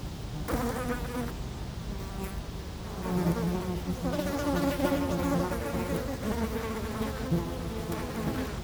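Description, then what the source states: Fly buzzing, several overlapping droning hums with harmonic bands that rise and fall as insects fly about, over a steady low rumble of wind. Flies feeding on dung, close-up; Chemin de Lombardil, Fenouillet, France, near Blagnac airport; windy day; recorded with Sennheiser MKH8040 ORTF pair and SD MixPre6.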